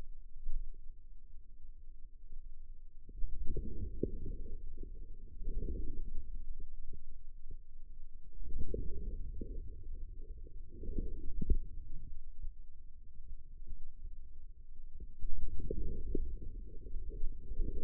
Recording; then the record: forearm muscle sounds (acoustic myography)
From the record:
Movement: inward rotation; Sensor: system 2, bracelet of six BSWA MPA416 microphones around the upper forearm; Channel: 3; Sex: male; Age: 22 years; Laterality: right